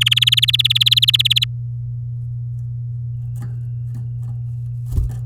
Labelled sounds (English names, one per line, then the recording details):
Domestic Canary song
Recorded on 10 May 2018 at 12:13
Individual llb16